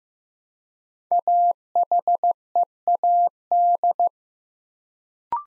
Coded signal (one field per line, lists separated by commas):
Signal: Morse code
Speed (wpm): 15 wpm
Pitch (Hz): 700 Hz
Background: none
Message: AHEAD